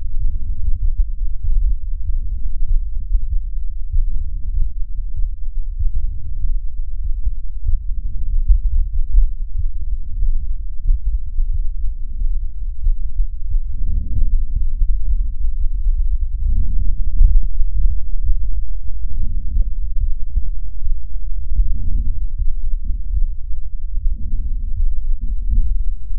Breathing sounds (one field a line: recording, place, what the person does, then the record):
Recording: lung sounds by stethoscope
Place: left posterior apical chest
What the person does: quiet breathing, then deep breathing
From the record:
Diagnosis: interstitial lung disease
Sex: female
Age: 68 years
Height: 152 cm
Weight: 76 kg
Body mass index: 32.9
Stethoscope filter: bell mode